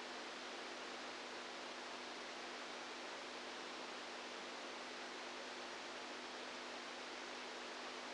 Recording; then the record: brain microelectrode recording played as sound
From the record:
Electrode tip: outside the subthalamic nucleus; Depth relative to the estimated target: -8 mm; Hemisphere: right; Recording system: NeuroSet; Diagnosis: Parkinson's disease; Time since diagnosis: 10 years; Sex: female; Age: 67 years